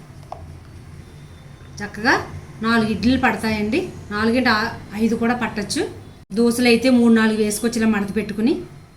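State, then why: Not seated. Someone talks while folded dosas sit inside a plastic Tupperware sandwich keeper box, with the plastic lid being handled and pressed down over them. A brief faint tick sounds near 0.3 s beneath the talking. Nothing has seated or clicked yet; the lid has not locked shut by the end.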